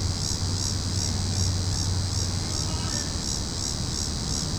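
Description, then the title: Cicadas give a loud, high-pitched throbbing buzz, pulses repeating evenly, with a deep hum in the background. Cicadas calling in a tree. "neoscenes: cicadas in tree"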